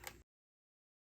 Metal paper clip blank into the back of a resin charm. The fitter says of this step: And that clicks into place.